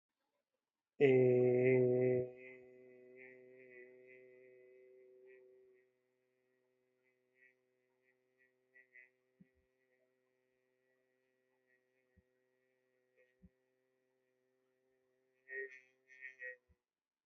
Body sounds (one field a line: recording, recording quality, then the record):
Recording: sustained vowel as in made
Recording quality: moderate, slight background noise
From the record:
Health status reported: healthy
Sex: male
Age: 47 years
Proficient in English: yes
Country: India